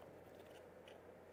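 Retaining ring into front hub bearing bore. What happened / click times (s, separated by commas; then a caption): The ring is being handled but has not yet snapped home / none. A metal retaining ring (circlip) is being handled and pressed toward its groove in a scooter front hub to hold the wheel bearing in its bore. Low scraping and crunching handling noise runs through the clip, with a brief louder sound at about 0.9 s. Nothing has seated or clicked yet.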